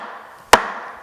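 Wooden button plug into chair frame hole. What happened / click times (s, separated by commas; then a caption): A wooden plug was tapped home with a mallet / 0.5 s. A mushroom-shaped teak button plug with wax on its back sits partly pushed into its hole in a chair frame and is driven home with sharp taps of a leather mallet. One loud, sharp wooden tap lands at 0.5 s over a low background hiss, and the plug is seated.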